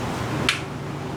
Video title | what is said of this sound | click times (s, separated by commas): 1990 Honda Civic CRX Alternator remove and replace. Part 2 of 5 | All right, did y'all hear that? Did you? Yeah, I hear heard a click. | 0.5 s